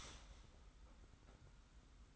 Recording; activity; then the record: daily activity, microphone in the room; start toaster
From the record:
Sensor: 3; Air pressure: 991.6 hPa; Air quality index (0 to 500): 182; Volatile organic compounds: 1000 ppm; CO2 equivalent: 6078 ppm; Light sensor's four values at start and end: 41/117/47/42 and 41/117/47/42